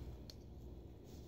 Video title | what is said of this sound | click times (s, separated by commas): Just A Shave: Feather AC - Schick Proline P-30 AC (1) - DG Milksteak Puzzle 2019 - Thater 4125-4 | into those holes and it just snaps into place ready | 0.3 s